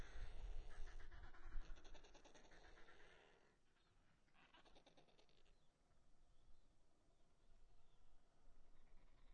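Penguin chick calls: pulsed, rasping cries through the first few seconds, then a fainter burst and low background rumble.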